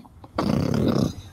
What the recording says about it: Snoring next to me. that is in fact my English bulldog sleeping next to me. It is 100% Winston.